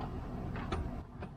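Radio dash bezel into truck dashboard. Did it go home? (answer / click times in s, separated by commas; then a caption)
no / none. A new head unit and its dash trim bezel are pushed back into the dashboard of a Chevy Avalanche truck, with dull broadband pressing and rubbing noises around 0.6, 0.7 and 1.2 seconds. The bezel fits, but its metal retaining clips do not catch, so nothing has snapped in or clicked.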